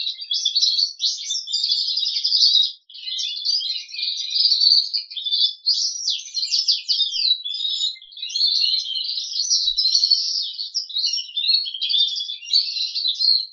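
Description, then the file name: Crested canary's rich, continuous song of fast trills and chattering twitters, rising and falling in loudness. "audio kenari jambul"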